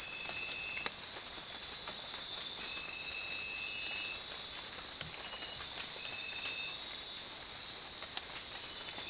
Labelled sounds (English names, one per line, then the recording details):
none
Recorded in secondary vegetation near Puerto Asís, Putumayo, Colombia, on 25 June 2025 at 03:00
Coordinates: 0.499, -76.323
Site G077